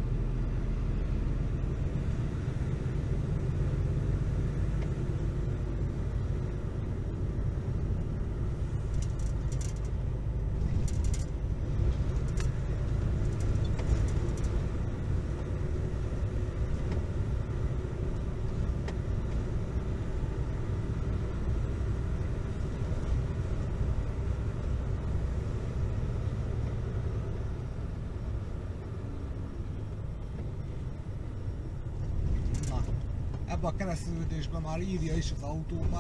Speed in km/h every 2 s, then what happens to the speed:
30, 34, 35, 35, 34, 33, 36, 37, 38, 38, 40, 42, 41, 39, 35, 30, 28, 22.
0-23 speeds up to 42. 23-36 slows to 22.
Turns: none.